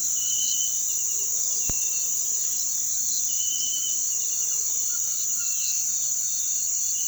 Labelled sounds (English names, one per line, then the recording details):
White-throated Toucan
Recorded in pastures near Puerto Asís, Putumayo, Colombia, on 20 February 2024 at 06:30
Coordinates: 0.468, -76.328
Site G6414